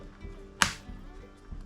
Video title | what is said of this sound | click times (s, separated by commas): Samsung Galaxy Tab A Battery Change | make sure that clicks all the way around and that all sides are nice and tight that one there there | 0.6 s